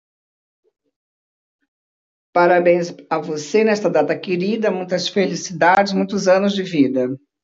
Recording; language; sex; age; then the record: short text; Brazilian Portuguese; female; 60 to 69 years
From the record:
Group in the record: control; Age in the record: 60 years